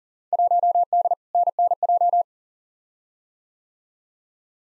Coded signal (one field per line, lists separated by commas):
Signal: Morse code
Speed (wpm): 40 wpm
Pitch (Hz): 700 Hz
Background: none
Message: 1D NNJ